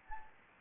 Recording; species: mosquito wingbeat signal from an infrared sensor; Anopheles gambiae